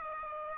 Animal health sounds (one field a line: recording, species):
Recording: mosquito wingbeat signal from an infrared sensor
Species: Aedes aegypti